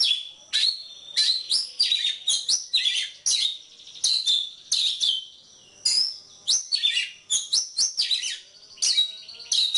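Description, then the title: Oriental magpie-robin delivering varied whistled and rasping phrases, some rising and some falling, in energetic bursts separated by short silences. Kacer poci form; national champion competition bird; chatty (gacor) singer using nembak (shooting) and ngerol (rolling) song styles; seven song types every three minutes. "Kacer Poci Gacor Nembak Dan Ngerol Juara Nasional. 7 macam suara kacer setiap 3 menit"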